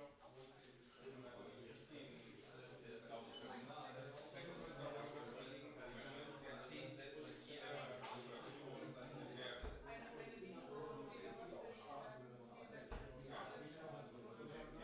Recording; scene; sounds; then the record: everyday scene through a hearing-aid microphone; many people talking; many voices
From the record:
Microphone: in the ear canal, left